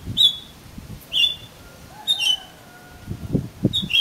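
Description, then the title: Oriental magpie-robin giving short clear whistled notes about once a second, some sliding down, with soft low thuds toward the end. "Kacer Kacer"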